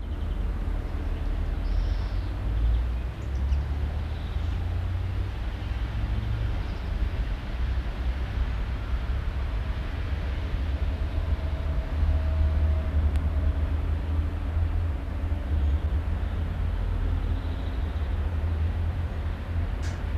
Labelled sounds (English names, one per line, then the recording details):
Common Chaffinch
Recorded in the wild
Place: Oberstdorf, Bayern, DE
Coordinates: 47.4103, 10.2797
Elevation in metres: 809
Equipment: Uher 4000 Report
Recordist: Tretzel, Erwin